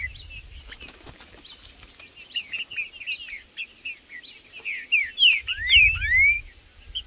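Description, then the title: Green-winged saltator singing: a run of loud clear slurred whistles near the end, over busy high chirping and a low rumble. Trinca-ferro in the bush, chirping, singing and 'macheando' (male display) in a dispute with rivals. "Trinca Ferro no MATO Cantando e Macheando muito com Solto! Blindado e Tufão no mato"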